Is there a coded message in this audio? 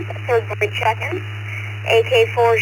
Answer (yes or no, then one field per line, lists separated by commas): no